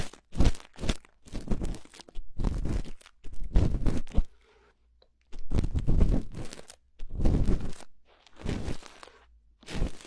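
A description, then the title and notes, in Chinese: A cotton swab cleaning an ear: repeated scratchy, crunchy rubbing strokes about once a second, each a short burst of rustling noise. The strokes vary in length, with a brief silent pause just before the midpoint. 棉棒掏耳朵。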